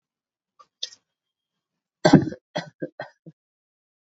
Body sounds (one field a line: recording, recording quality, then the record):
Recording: shallow voluntary cough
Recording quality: moderate, slight background noise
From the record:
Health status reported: COVID-19 positive, mild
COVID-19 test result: positive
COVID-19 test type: RT-PCR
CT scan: not taken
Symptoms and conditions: cough, sore throat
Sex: female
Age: 24 years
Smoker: no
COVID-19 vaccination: both doses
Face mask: not worn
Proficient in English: yes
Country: India